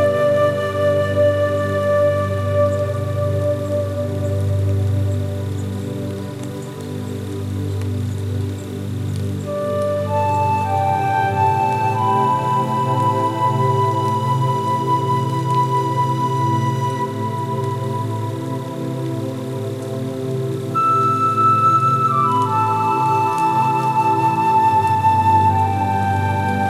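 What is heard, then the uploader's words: Slow, mournful flute music floats over soft sustained chords and a deep, steady bass drone. The harmony shifts gently around ten seconds and again near twenty-one, with held melody notes gliding upward. A faint hiss lies beneath, and the level stays even throughout. Sad Flute Music in a Peaceful Rainy Forest.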